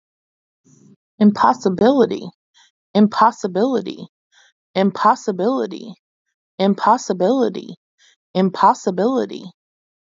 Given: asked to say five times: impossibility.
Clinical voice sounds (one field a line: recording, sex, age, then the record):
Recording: repeated word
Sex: female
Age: 30 to 39 years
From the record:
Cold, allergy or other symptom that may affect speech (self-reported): no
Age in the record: 32 years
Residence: Delaware, United States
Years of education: 16